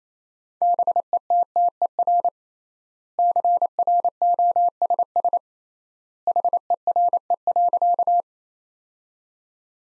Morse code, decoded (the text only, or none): BETTER CROSS HERE.